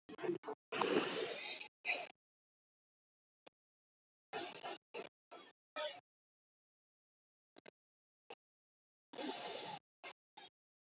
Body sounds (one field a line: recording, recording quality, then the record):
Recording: shallow breathing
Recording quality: excellent, no background noise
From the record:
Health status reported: healthy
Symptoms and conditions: none ticked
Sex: male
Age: 22 years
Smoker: not ticked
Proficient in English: yes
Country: India